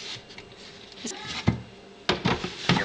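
A lid and a plastic collection bucket are fitted onto an appliance body, with soft handling noise in a quiet space. A sharp, loud hit at 2.1 s is the bucket snapping into place, followed by a few more knocks. The bucket is seated.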